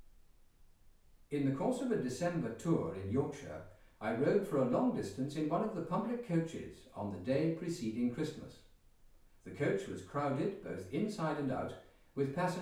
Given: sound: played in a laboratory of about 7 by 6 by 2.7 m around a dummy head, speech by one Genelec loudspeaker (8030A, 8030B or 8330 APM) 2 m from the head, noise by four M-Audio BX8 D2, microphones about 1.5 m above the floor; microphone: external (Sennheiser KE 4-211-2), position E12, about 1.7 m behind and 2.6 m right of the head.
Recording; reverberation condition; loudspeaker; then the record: male speech in English; medium; 90 degrees to the left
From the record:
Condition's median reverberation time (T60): about 510 ms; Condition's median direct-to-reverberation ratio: about -0.5 dB